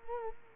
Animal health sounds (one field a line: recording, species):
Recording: mosquito wingbeat signal from an infrared sensor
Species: Culex quinquefasciatus